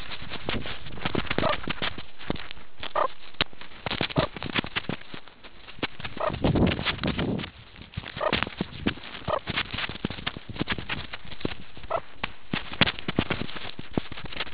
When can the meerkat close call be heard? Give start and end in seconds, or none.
1.41-1.56, 2.93-3.08, 4.14-4.30, 6.18-6.30, 8.19-8.32, 9.26-9.40, 11.88-12.00